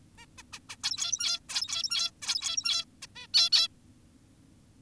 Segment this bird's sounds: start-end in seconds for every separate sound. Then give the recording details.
0.18-0.26, 0.38-0.43, 0.53-0.59, 0.70-0.76, 0.84-1.40, 1.49-2.11, 2.22-2.85, 3.02-3.07, 3.16-3.27, 3.34-3.50, 3.52-3.68. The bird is an adult. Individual g17y2U